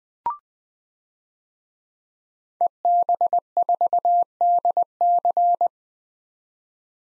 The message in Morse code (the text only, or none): EB4DC